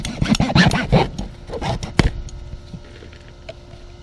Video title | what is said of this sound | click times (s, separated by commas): French Drain Tips, Yard Drain, Pipe Connections, Save Time and Money | and when you hear it snap you know it's together | 2.0 s